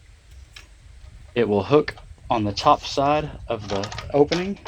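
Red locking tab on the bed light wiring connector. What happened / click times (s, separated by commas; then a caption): Connector lock tab clicks down / 0.6 s. On a 2018–2024 GM truck (GMC Sierra, Denali, Chevrolet Silverado), the red locking tab on the plastic bed light wiring connector is pushed back down after the bed light connector is plugged in. One short tick is heard at 0.6 s, and someone talks afterward. The tab clicks down and the connector is locked in place.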